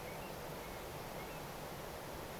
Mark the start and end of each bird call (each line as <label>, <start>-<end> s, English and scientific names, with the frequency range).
Eurasian Stone-curlew (Burhinus oedicnemus) (1.9-3.1 kHz), 0.06-0.30 s
Eurasian Stone-curlew (Burhinus oedicnemus) (2.0-2.4 kHz), 0.61-0.81 s
Eurasian Stone-curlew (Burhinus oedicnemus) (2.0-2.9 kHz), 1.16-1.40 s